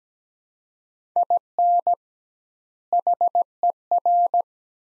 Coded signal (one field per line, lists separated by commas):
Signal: Morse code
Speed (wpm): 17 wpm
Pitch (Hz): 700 Hz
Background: none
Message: IN HER